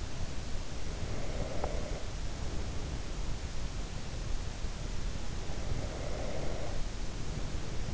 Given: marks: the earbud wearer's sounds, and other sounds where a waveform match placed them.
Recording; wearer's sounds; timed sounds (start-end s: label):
sounds in sleep by an in-ear microphone; breath
0.08-2.94 s: breath
5.23-7.94 s: breath